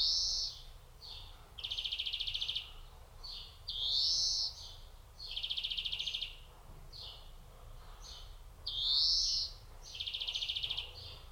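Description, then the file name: European greenfinch giving buzzy, rattling trills about a second long, alternating with wheezy rising notes, repeated in a steady cycle throughout. "Chloris chloris"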